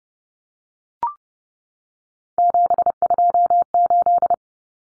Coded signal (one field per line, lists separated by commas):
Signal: Morse code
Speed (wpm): 30 wpm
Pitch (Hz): 700 Hz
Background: none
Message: 728